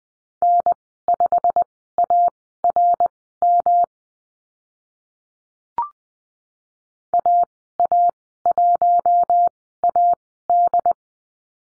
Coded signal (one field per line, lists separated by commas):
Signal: Morse code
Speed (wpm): 20 wpm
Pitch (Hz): 700 Hz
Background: none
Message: N5ARM AA1AD